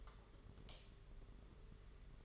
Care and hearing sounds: daily activity, microphone in the room; light off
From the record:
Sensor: 4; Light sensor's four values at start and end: 9/25/9/11 and 7/16/6/6

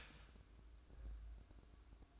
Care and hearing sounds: daily activity, microphone in the room; start toaster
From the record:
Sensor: 2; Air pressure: 1006.9 hPa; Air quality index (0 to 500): 42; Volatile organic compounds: 1 ppm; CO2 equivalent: 545 ppm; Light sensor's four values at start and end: 6/14/6/6 and 6/14/6/6

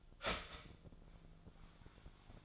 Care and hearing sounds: daily activity, microphone in the room; start toaster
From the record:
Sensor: 5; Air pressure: 1009.4 hPa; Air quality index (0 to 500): 168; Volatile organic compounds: 4 ppm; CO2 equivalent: 1627 ppm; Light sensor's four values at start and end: 90/239/97/102 and 90/239/97/103

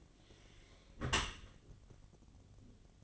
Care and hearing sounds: daily activity, microphone in the room; close dishwasher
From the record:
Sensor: 4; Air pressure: 1007.5 hPa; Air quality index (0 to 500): 200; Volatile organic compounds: 7 ppm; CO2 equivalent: 1999 ppm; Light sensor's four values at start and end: 22/70/27/26 and 22/71/27/26

